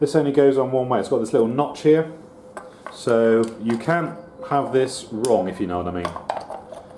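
A distributor cap for a Triumph Spitfire is handled and lined up by its locating notch over the distributor body while someone talks throughout. Two brief, light handling taps come near 6.5 s and 6.7 s. The cap has not seated or clicked into place yet.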